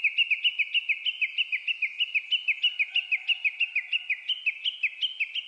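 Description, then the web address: Japanese bush warbler giving a long, steady series of rapid, sharp, slurred notes, insistent for the whole stretch. Recorded 29 April 2001. "2001 010429 uguisu"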